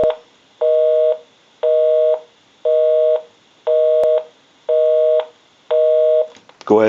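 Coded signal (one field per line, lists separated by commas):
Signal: telephone call progress tone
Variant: North America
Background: speech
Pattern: busy tone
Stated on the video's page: Heard on a Western Electric 317 wood wall crank telephone converted during repair.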